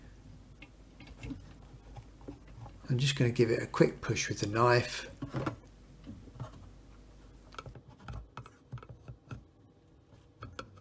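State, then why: Not seated. The plastic clip on a dishwasher drain pump cover is handled with a knife, ready to be pushed down into its groove in the dishwasher sump. Someone talks briefly, and short sharp ticks and taps sound near the start and again toward the end. The cover clip has not seated or clicked in yet.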